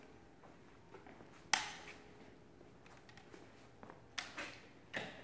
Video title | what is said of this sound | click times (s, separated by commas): Unboxing Typhoon Yuneec H Drone! Pt.1 | and then if you hear that click you know it's locked in | 1.5 s